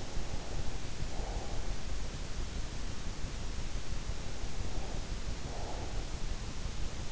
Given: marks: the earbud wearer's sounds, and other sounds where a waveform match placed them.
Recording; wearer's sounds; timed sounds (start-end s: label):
sounds in sleep by an in-ear microphone; breath
0.00-1.91 s: breath
4.38-6.17 s: breath